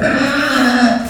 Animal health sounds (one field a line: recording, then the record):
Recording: squeal of a Yucatan mini pig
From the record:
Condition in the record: after surgery on the right vocal fold (resection and tissue-engineered implant)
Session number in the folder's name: 6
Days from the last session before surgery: 40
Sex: female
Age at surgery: 19 weeks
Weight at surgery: 25 kg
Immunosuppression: prednisolone